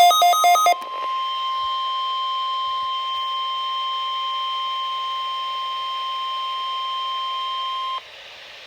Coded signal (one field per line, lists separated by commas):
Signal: Emergency Alert System (SAME) tones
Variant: 1050 Hz attention tone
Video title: EAS #4 - Required Weekly Test